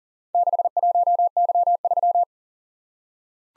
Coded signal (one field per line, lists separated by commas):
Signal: Morse code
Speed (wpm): 42 wpm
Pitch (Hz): 700 Hz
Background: none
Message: 61Y3